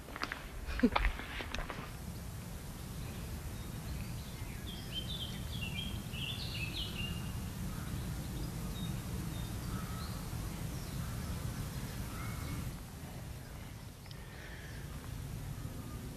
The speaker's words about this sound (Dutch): De koeien op de achtergrond, de vogels op de achtergrond. De duif.